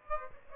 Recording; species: mosquito wingbeat signal from an infrared sensor; Aedes aegypti